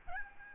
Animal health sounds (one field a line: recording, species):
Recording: mosquito wingbeat signal from an infrared sensor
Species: Aedes albopictus